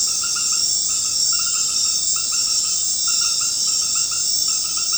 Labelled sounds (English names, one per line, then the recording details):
none
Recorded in secondary vegetation near Puerto Asís, Putumayo, Colombia, on 19 March 2025 at 19:30
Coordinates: 0.484, -76.319
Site G010